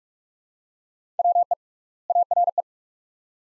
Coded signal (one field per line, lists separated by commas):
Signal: Morse code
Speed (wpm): 42 wpm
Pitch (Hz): 700 Hz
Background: none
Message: WE ARE